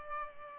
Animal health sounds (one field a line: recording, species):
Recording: mosquito wingbeat signal from an infrared sensor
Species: Culex pipiens